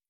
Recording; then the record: hydrophone in a shrimp aquaculture tank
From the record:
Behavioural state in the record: starved